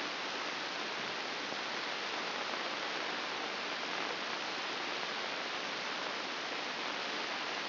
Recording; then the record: brain microelectrode recording played as sound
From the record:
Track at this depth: outside the subthalamic nucleus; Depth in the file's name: 6.461 mm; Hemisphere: left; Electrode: 2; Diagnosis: Parkinson's disease